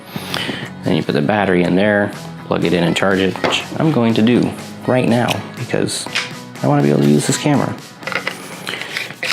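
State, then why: Seated. Someone talks while a Nikon Z7 camera battery is pushed into its charger cradle, with small handling taps just before. The battery locks in place with a click at 9.2 s.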